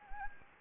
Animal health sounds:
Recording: mosquito wingbeat signal from an infrared sensor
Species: Anopheles gambiae

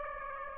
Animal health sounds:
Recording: mosquito wingbeat signal from an infrared sensor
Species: Aedes aegypti

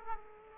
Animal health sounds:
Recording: mosquito wingbeat signal from an infrared sensor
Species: Aedes aegypti

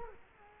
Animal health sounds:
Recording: mosquito wingbeat signal from an infrared sensor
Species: Culex quinquefasciatus

